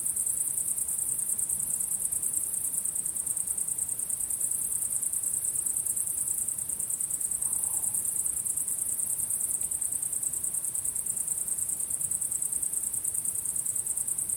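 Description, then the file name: Cricket chorus: an unbroken, very high-pitched ticking trill holding an even level from start to finish, with nothing else prominent. Crickets at sunset. "syrsor solnedgang"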